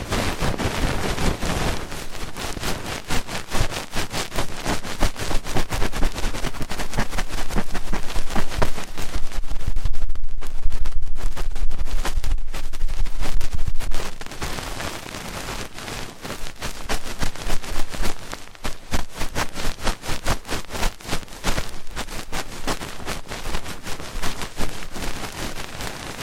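Fast, intense ear cleaning: a dense stream of rapid crackling and scratching clicks that runs almost without pause for the whole 26 seconds. The rustle is bright and gritty, easing briefly around 14 to 16 seconds before picking back up just as busy.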